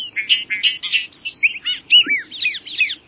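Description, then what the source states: Bobolink singing a fast, jangling burst of twangy, bubbling notes that tumble up and down in a continuous stream. Male; sings a rapid jangle of notes, like a meadowlark backed by a banjo; in central Maine's peatland meadows north of Bangor; migrates north from as far off as Bolivia.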